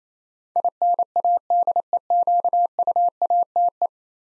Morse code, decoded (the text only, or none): INADEQUATE